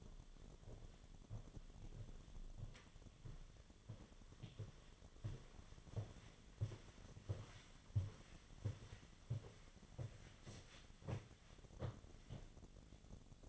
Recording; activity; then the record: daily activity, microphone in the room; walk to room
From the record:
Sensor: 4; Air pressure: 1010.9 hPa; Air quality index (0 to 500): 162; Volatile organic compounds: 4 ppm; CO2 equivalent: 1656 ppm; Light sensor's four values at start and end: 44/124/50/52 and 42/120/48/50